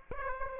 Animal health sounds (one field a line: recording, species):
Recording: mosquito wingbeat signal from an infrared sensor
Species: Aedes aegypti